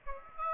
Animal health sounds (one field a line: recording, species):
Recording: mosquito wingbeat signal from an infrared sensor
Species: Aedes aegypti